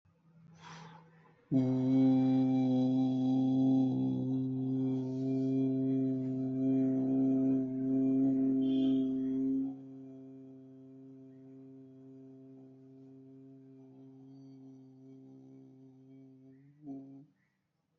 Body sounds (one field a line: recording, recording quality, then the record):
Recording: sustained vowel as in boot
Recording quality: moderate, slight background noise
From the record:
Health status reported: exposed to COVID-19, no respiratory illness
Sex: male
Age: 36 years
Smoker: yes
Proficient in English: yes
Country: India